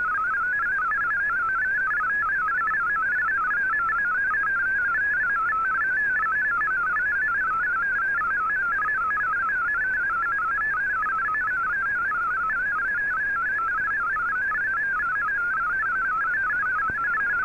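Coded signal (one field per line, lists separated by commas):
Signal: multi-tone FSK (Olivia or MFSK type)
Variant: MFSK32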